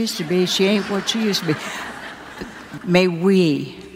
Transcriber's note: laughter